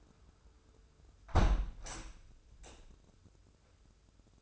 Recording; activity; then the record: daily activity, microphone in the room; close window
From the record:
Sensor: 2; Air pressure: 995.6 hPa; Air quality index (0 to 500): 90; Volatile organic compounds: 4 ppm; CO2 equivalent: 1635 ppm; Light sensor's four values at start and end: 24/77/30/29 and 24/76/30/29